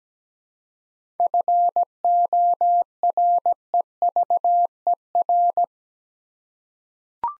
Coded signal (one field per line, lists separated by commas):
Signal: Morse code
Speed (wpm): 17 wpm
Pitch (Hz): 700 Hz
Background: none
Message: FOREVER